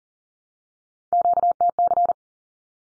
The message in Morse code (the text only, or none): QTC